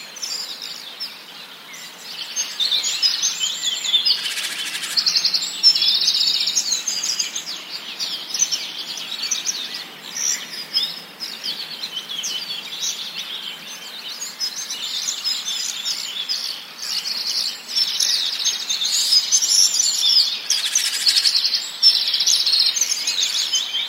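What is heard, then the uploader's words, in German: Many different birds twitter and chirp together, a dense, bright chorus of overlapping calls that never pauses. Quick trills and short tweets come from several directions at once, some sharp, over a faint hush. Wunderschönes Vogelgezwitscher. Dies ist das beruhigende Getzwitscher verschidener Vögeln.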